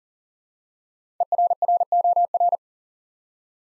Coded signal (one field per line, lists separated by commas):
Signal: Morse code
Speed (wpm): 39 wpm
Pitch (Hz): 700 Hz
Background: none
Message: ERROR